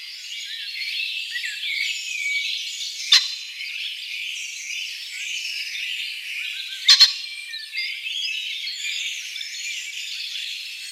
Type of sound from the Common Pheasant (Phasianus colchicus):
song